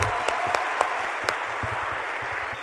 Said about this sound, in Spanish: ¿Le podemos dar un aplauso a mi querida esposa